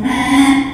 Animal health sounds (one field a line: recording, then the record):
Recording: squeal of a Yucatan mini pig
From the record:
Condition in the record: after surgery on the right vocal fold (resection and tissue-engineered implant)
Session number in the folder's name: 3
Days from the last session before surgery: 33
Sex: male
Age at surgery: 12 weeks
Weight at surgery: 13 kg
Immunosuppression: cyclosporine, prednisolone